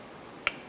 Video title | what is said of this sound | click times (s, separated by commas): How to Replace Rear Wheel Bearing & Hub Assemblies 2004-2009 Mazda 3 | Push until you hear the click. | 0.5 s